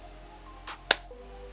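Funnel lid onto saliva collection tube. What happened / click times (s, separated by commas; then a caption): The plastic lid snapped shut onto the tube / 0.9 s. A plastic funnel lid is pushed firmly onto a saliva collection tube, and a single sharp, loud click is heard at 0.9 s. The lid seats with that click, breaking the film that holds the stabilizing liquid. A softer, brief noise comes just before it, over a low steady background.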